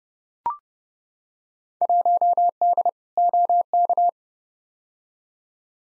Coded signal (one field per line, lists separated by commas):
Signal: Morse code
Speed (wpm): 30 wpm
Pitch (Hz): 700 Hz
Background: none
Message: 1D OK